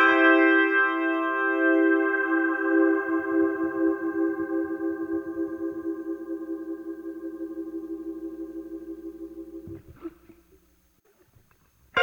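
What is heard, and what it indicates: Operating sound of a neonatal ventilator: a steady, rapidly pulsing tone with a fundamental near 350 Hz and rich overtones. It gradually fades over about ten seconds, then stops, followed by a few faint clicks.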